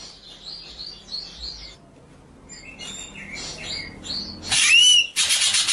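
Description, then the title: White-rumped shama song with quick warbled phrases and whistles, then loud harsh scratchy bursts near the end. Masteran (training) track of full song featuring the 'ngerol' rolling and 'nembak' shooting song styles. "Masteran Murai Batu Full Ngerol Nembak"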